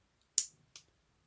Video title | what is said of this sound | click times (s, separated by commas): [melodysusie] 이것은 혁신이야! 무선 네일 드릴 보러오세요 Atena Cordless Nail Drill - Younghee Salon | 딸깍 딸깍 하고 소리가 딱 맞는 소리가 나거든요 | 0.4 s